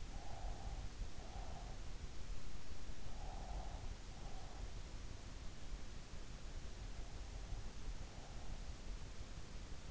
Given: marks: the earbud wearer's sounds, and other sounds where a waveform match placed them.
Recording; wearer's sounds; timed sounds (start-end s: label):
sounds in sleep by an in-ear microphone; breath
0.00-2.15 s: breath
3.08-5.01 s: breath